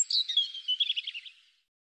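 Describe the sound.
European robin song phrase, high sweet warbled notes sliding downward then a fading jumble.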